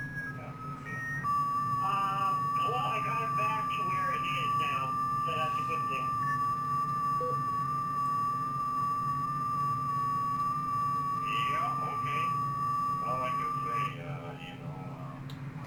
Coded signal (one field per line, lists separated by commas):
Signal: FT8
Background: speech